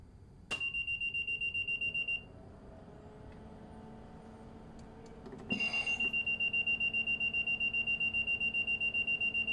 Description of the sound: Alarms Hospital Ventilator.